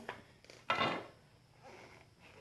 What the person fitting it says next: There we go. She's in. Heard it pop.